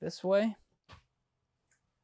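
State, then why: Not seated. A swivel seat in a 2025 Newmar Canyon Star is being rotated back to face forward toward its base detent while someone talks briefly at the start. Short bursts of speech are followed by near silence, with only a faint, brief tick around 1.7 s. The seat has not yet seated or clicked into its detent.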